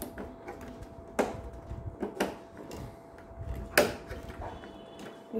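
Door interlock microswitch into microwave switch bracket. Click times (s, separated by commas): 3.8 s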